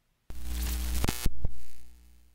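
A harsh electrical buzz from an electrical short bursts on abruptly as the lights in an eatery flicker off, a steady hum laced with crackling, punctuated by a couple of sharp zapping pops before it fades out over a second or so.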